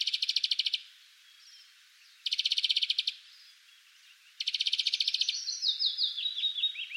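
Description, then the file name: European greenfinch uttering three quick buzzy rattles, then a run of descending twittering notes near the end. "Chloris chloris"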